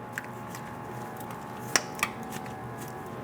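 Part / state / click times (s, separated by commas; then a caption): wiring harness connector onto transmission speed sensor / seated / 1.8 s. A plastic wiring harness connector is pushed onto a new transmission speed sensor on a 2001-2006 Chevrolet Silverado 2500 HD 8.1L V8 until it latches. A sharp click sounds at 1.8 s, with a smaller tick at 0.2 s and another crisp snap at 2.0 s. The connector is seated and locked on.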